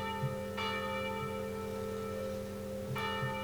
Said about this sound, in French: Il écoutait moins celle-ci, et à mesure, il entendit davantage les cloches.